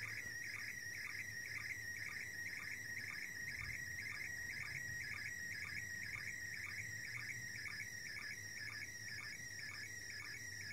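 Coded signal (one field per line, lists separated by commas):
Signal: SSTV (slow-scan television)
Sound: steady warbling, chirping tone with a short low blip about twice a second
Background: radio static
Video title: SSTV from ISS - International Space Station - 8th Dec 2017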